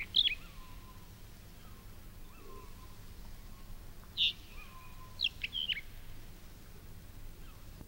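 Mourning wheatear calls, sharp high clicking notes, one at the start, another just past the middle and a quick cluster near the end, with soft lower whistles repeating faintly behind.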